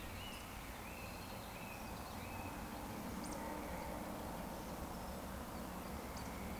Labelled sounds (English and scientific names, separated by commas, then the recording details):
Eurasian Woodcock (Scolopax rusticola) whistle
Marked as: whistle, whistle, whistle
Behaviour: display flight
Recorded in Baden-Württemberg, Germany, on 13 June 2020 at 19:59 UTC
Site 14569, 102 m above sea level